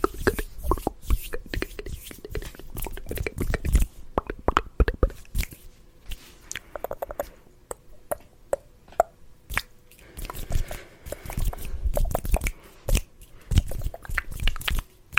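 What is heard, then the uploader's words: Fast mouth sounds come as dense bursts of wet clicks, smacks and crunchy pops, with quick hand rubbing and brushing woven between them. The pace stays busy throughout, easing briefly around the middle before picking up again, with no speech. ASMR Fast & Aggressive Wet and Dry Mouth Sounds & Hand Sounds (NO TALKING) Hand Movements.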